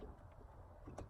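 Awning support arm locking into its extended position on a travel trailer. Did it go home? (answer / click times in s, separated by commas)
yes / 1.0 s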